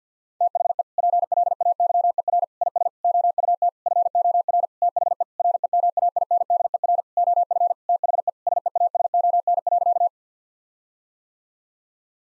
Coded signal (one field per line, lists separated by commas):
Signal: Morse code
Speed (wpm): 50 wpm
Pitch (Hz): 700 Hz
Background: none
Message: THE PLAYER IS OUT FOR THE REMAINDER OF THE SEASON.